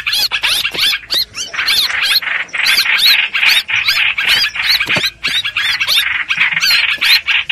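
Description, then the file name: Streak-eared bulbul giving harsh, grating alarm-like chatter, notes tumbling over one another in a continuous agitated stream with short gaps. Distress call, given to call the flock. "Tieng chim trao trao keu cuu goi bay"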